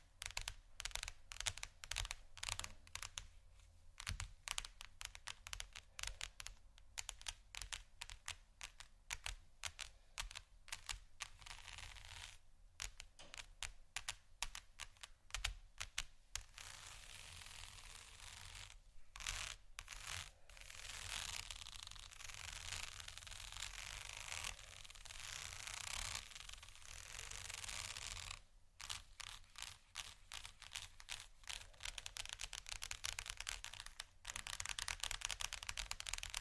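Textured sheets are tapped and scratched in quick, uneven bursts of dry, papery clicks and scrapes, dense like rapid typing. Short pauses break the flurries around 4, 13, 20 and 28 seconds, and a steady low hum runs underneath throughout.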